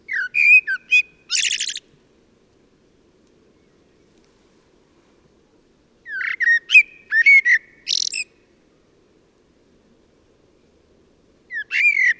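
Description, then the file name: Common blackbird song phrases spaced several seconds apart, flutey whistles mixed with buzzy, rasping high notes, with quiet gaps between. "Turdus merula"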